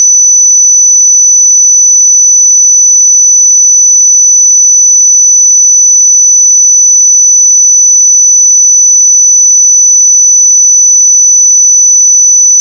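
A pure sine tone at 5986 Hz holds perfectly steady and unbroken for the whole clip, thin, piercing and high, against complete silence.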